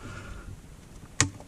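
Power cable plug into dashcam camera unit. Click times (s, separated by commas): 1.2 s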